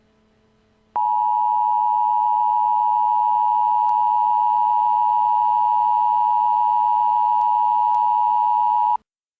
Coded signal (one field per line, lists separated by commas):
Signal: Emergency Alert System (SAME) tones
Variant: 853 and 960 Hz attention tone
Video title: Blizzard Warning: Fargo, ND (1/25/14)